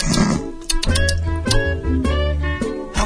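Low, rough, rattling rumbles from an adult man come in a few short bursts of about half a second over three seconds, with brief gaps between them. This is snoring, the vibrating noise of a narrowed upper airway, picked up in a radio studio. The suggested remedy is to prop up the head.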